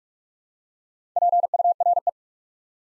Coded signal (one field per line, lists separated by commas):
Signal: Morse code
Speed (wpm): 44 wpm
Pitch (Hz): 700 Hz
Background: none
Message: PURE